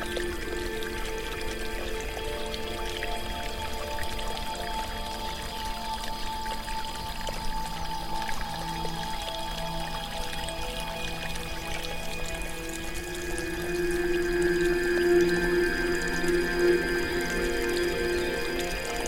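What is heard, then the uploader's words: Water trickles steadily through a bamboo fountain in a soft, continuous pour. Ringing, hollow tones sit under the flow and swell after about thirteen seconds, when the sound grows slightly louder and fuller before settling again. BAMBOO WATER FOUNTAIN. The gentle trickling of water as it flows through the bamboo fountain.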